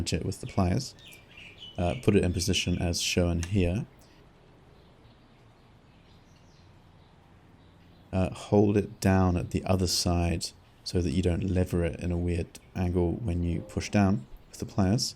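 A replacement wiper linkage arm on a Fiat Punto is held with pliers and lined up over the wiper motor/pivot ball joint, ready to be squeezed on. Someone talks in two stretches, separated by a quiet pause with faint background noise from about 4 to 8 seconds. Nothing has seated or clicked yet.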